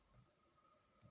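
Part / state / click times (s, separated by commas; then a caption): magnetic bed probe onto 3D printer toolhead mount / not seated / none. A magnetic Z probe is held by hand against its mount under a 3D printer toolhead and wiggled so the screw heads line up with the two holes. Only a quiet steady tone is heard, with two soft low bumps of handling near 0.2 s and 1.0 s. Nothing has seated or clicked yet.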